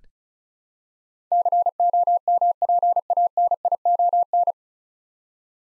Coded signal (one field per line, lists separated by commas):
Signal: Morse code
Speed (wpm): 35 wpm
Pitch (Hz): 700 Hz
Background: none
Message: COMPANION